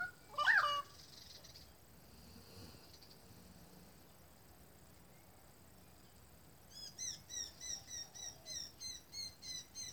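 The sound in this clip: Bird calls: one loud sharp call at the start, then a quiet gap and a steady series of short, high chirps.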